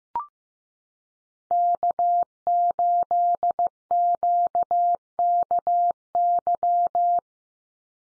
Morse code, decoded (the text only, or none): K8QKY